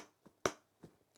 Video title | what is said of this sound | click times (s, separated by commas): Peak Design Everyday Sling 6L V2 Initial Thoughts – The Perfect Everyday Bag? | This is just a nice little area that's actually magnetic. You can kind of hear it click. | 0.5 s